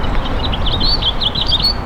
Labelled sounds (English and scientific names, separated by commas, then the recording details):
House Finch (Haemorhous mexicanus) song
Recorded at Westbury on Long Island, New York, on 27 May 2013
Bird A